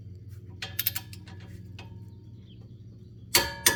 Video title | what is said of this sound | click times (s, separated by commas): 2016 Chevy Traverse Front Brake Job | going to bring it down until it clicks, and I always double check it. | 0.8 s, 3.3 s